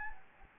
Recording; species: mosquito wingbeat signal from an infrared sensor; Anopheles gambiae